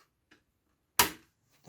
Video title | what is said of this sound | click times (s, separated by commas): How To Build a Gaming PC in 2021 Step By Step Guide. | and you heard that one click now you're gonna hear a big one | 1.0 s